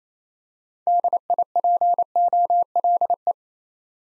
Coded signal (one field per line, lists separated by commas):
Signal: Morse code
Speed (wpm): 27 wpm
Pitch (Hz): 700 Hz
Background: none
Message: DIPOLE